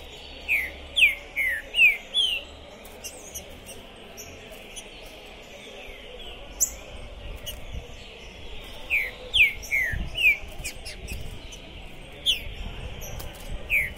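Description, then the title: Green-winged saltator whistling short descending notes in a quick run, then more scattered whistles later. Captive contest bird at a singing tournament entrance, warming up, calling, singing and giving aggressive challenge song (macheando); pistoleiro song style; 2021. "Seu TRINCA Piando, Cantando E Macheando Na DISPUTA. Esse TRINCA FERRO ficou POSSUÍDO na PORTA do TORNEIO! Trinca Ferro Pistoleiro 2021"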